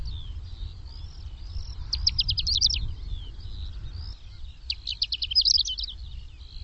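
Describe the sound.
Bird calls: two bursts of rapid, high, clicking trills with thin whistled notes scattered between them, over a steady low rumble.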